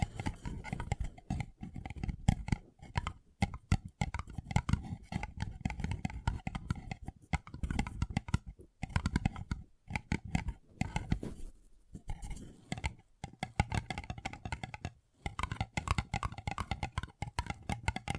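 Paper cup tingles: fast, dense crinkling and tapping on a paper cup, coming in busy bursts with short silent gaps, including a longer pause around twelve seconds. The scratchy sounds are crisp and bright, with a duller thud underneath each flurry.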